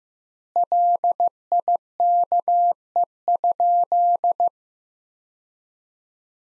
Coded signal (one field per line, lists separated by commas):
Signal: Morse code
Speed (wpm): 15 wpm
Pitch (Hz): 700 Hz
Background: none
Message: LIKE?